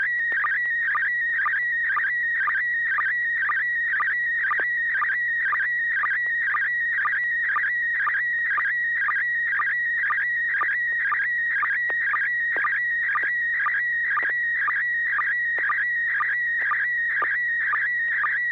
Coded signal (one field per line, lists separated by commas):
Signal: SSTV (slow-scan television)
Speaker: this net serves for training and practice and image transmission modes and meets Wednesday nights at 900 p.m. on the n6 na repeater